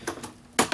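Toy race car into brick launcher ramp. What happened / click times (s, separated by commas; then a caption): The plastic part snapped into its holder / 0.6 s. A plastic toy race car from the 2025 LEGO City F1 Garage set 60444 (with Mercedes AMG and Alpine cars) is pushed into its brick launcher ramp again after the launcher was tried with force. A few faint light taps come first, then a sharp plastic click at 0.6 s, followed by a softer tap. The car is seated in the launcher.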